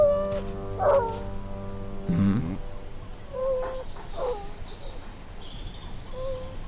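A dog lets out a short bark among several high, thin whimpering whines, with a steady hum underneath and no one speaking.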